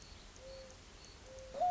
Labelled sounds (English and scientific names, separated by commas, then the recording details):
Mourning Dove (Zenaida macroura)
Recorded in Sonoma County, California